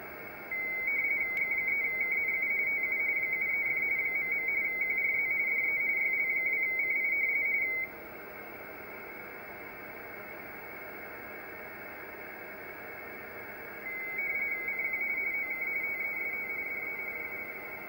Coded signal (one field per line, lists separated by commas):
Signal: RTTY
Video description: Using Telereader CWR-685E at RTTY Context, Hearing YL2CI FB